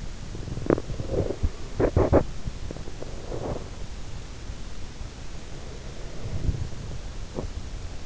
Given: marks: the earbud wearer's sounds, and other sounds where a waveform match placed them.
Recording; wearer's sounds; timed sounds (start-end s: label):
sounds in sleep by an in-ear microphone; teeth grinding, breath
0.31-4.14 s: teeth grinding
5.30-8.06 s: breath
7.22-7.62 s: teeth grinding